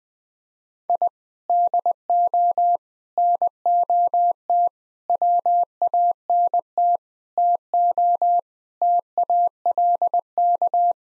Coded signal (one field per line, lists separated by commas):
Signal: Morse code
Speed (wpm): 21 wpm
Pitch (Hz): 700 Hz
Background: none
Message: I DO NOT WANT TO TALK